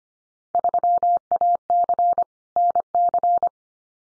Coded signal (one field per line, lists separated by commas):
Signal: Morse code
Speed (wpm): 25 wpm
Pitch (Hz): 700 Hz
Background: none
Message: 3AC NC